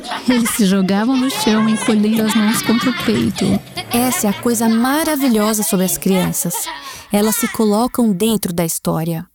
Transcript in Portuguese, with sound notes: Eles se jogavam no chão, encolhendo as mãos contra o peito.
(Sons de crianças gritando e rindo) Essa é a coisa maravilhosa sobre as crianças: elas se colocam dentro da história.